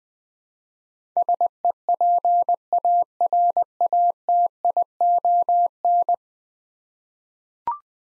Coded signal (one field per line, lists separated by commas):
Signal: Morse code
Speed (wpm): 20 wpm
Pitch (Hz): 700 Hz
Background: none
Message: SEPARATION